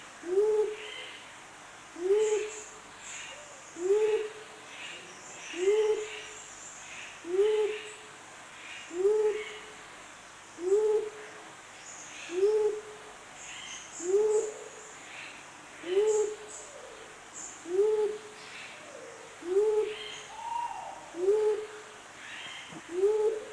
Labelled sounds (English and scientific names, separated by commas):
Mindanao Bleeding-heart (Gallicolumba crinigera) call